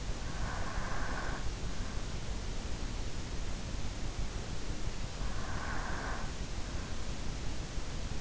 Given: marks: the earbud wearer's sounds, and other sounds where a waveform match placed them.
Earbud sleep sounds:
sounds in sleep by an in-ear microphone; breath
0.00-1.41 s: breath
4.61-6.85 s: breath

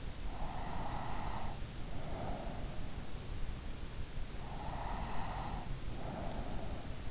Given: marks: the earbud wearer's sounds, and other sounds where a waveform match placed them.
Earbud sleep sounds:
sounds in sleep by an in-ear microphone; breath
0.31-3.27 s: breath
4.34-7.11 s: breath

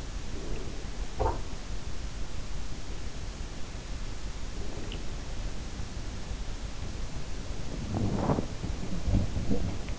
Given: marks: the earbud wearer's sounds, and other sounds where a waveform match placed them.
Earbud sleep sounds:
sounds in sleep by an in-ear microphone; breath
0.00-0.95 s: breath
0.95-1.61 s: sound from someone else or the room
7.47-9.99 s: sound from someone else or the room

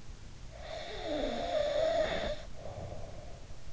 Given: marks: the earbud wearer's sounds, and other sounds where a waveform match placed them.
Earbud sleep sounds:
sounds in sleep by an in-ear microphone; snoring breath
0.59-3.63 s: snoring breath

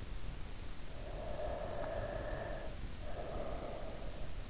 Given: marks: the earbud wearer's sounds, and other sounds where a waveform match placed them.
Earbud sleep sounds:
sounds in sleep by an in-ear microphone; breath
0.88-4.42 s: breath

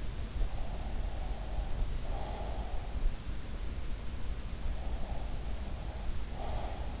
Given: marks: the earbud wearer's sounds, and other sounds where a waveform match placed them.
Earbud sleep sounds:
sounds in sleep by an in-ear microphone; breath
0.43-2.98 s: breath
4.76-7.00 s: breath

